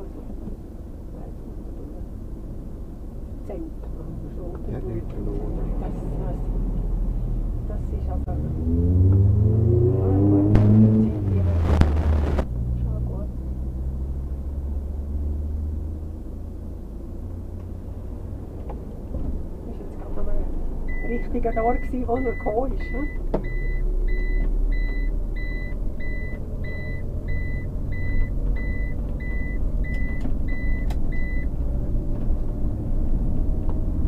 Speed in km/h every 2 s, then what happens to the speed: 0, 0, 0, 0, 0, 0, 0, 0, 0, 0, 0, 0, 0, 0, 16, 18, 20.
0-26 standing. 26-34 pulls away to 20.